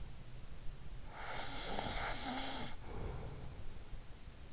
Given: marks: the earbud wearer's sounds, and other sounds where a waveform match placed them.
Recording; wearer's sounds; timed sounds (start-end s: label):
sounds in sleep by an in-ear microphone; snoring breath
0.88-3.84 s: snoring breath